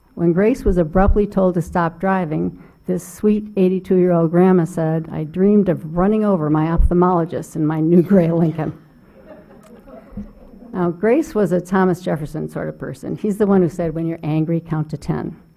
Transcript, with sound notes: When Grace was abruptly told to stop driving, this sweet 82 year old grandma said, "I dreamed of running over my ophthalmologist andin my new gey Lincoln." [LAUGHTER] Now Grace was a Thomas Jefferson sort of person; he's the one who said when you're angry count to 10.